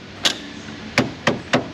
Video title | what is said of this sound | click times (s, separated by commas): Can’t Steer! Phase Two: Power Assist Pump - 2006 Pontiac Montana | ah nice did you hear all the little tabs click into place it's | 1.0 s, 1.3 s, 1.5 s